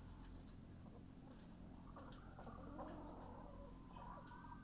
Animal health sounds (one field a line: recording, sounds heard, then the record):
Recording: poultry house recording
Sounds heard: healthy chickens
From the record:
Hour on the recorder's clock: 20